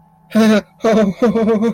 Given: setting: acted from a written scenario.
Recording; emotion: vocal sound without words; distress